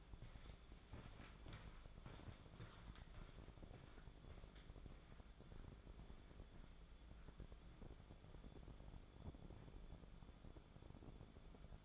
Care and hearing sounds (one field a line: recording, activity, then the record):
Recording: daily activity, microphone in the room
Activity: walk to room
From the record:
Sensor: 5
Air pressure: 1010.5 hPa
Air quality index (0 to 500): 112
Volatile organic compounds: 2 ppm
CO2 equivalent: 1109 ppm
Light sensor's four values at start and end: 569/1391/593/713 and 412/1080/442/512